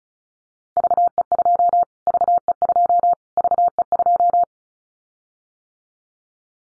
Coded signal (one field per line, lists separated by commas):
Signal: Morse code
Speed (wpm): 34 wpm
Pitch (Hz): 700 Hz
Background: none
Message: VE2 VE2 VE2